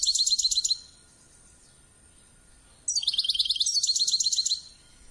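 Finch calls in two bursts of quick, high, chattering chirps, the first short and the second longer, with a quiet pause between them.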